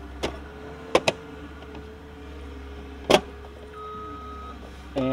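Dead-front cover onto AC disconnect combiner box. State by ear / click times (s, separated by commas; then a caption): seated / 1.0 s, 1.1 s. The inner dead-front cover of an AC disconnect/combiner box is lined up so its cutout matches the circuit breakers, then pressed on until it snaps into place with two sharp clicks at 0.9 and 1.1 seconds. A faint tap comes before them, and a louder knock near 3.1 seconds follows, all over a steady low hum. The cover is seated.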